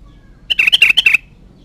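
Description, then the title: Sooty-headed bulbul singing a quick, liquid phrase of six bright notes packed into under a second, with quiet background. "Kutilang"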